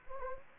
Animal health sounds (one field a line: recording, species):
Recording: mosquito wingbeat signal from an infrared sensor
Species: Anopheles gambiae